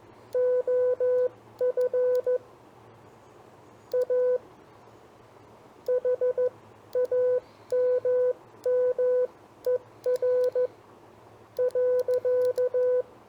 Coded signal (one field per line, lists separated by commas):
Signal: Morse code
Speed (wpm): 14 wpm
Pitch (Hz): 500 Hz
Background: none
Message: OF A HAMMER .